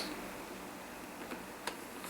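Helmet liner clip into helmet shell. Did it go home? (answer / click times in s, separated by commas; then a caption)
yes / 1.7 s. A plastic clip on a helmet's inner padding liner is pushed with some force into its slot in the helmet shell. Over a steady background hiss, a faint tick comes at about 1.3 s, then a sharp, bright click at 1.7 s as the clip seats into place.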